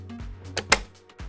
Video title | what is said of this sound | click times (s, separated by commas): How to Use the Dräger X-plore 8500 & X-plore 8700 | The cover will click into place when positioned correctly. | 0.6 s, 0.7 s